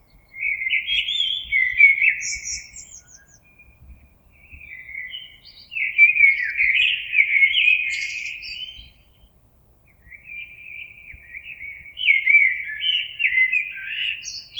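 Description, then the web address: Common blackbird song: mellow warbled phrases, each ending in higher thin twittering notes, phrases separated by short pauses. Recorded 26 April 2022. "oiseaux Merle 2022 04 26"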